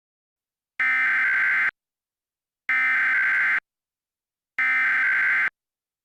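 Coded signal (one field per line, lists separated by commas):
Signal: Emergency Alert System (SAME) tones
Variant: header bursts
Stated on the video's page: Fictional scenario containing valid alert tones.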